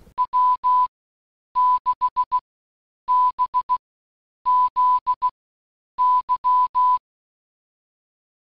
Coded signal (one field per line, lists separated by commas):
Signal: Morse code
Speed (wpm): 16 wpm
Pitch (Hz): 1000 Hz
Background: none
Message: W6BZY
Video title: IC 7200 EASY DIGITAL MODES